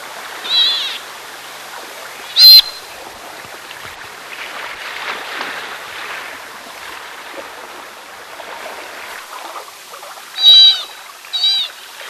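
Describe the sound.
Sea otter screeching calls, two sharp bursts early and a pair near the end, separated by a quiet stretch of low hiss.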